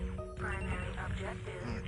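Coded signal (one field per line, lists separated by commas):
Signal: none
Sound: game cockpit beeps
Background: speech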